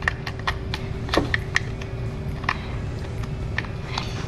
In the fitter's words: slides right back into the rear like that and clicks into place now